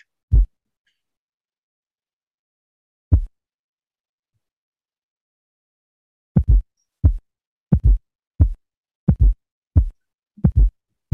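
Simulated heart sound, slowed: a fourth heart sound (S4 gallop), a low-pitched extra sound at the end of diastole just before S1, best heard with the bell of the stethoscope in a quiet room.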